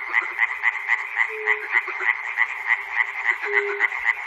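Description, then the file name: Frogs in full chorus, crisp rattling croaks about four per second, with two lower drawn-out notes underneath. Frogs recorded at Chernobyl. "peter cusack-chernobyl frogs"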